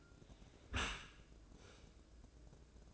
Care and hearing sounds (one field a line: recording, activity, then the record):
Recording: daily activity, microphone in the room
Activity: close dishwasher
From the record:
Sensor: 2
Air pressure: 1012.2 hPa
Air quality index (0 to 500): 148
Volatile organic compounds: 2 ppm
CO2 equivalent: 1086 ppm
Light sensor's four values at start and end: 293/718/291/295 and 293/720/292/296